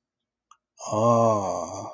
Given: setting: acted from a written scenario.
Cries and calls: vocal sound without words; awe

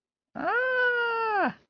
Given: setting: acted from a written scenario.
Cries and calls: vocal sound without words; ecstasy

